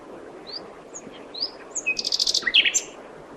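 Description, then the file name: Common nightingale song: thin high whistled notes, then a quick run of repeated buzzy pulses ending in a harsher flourish. "Luscinia megarhynchos"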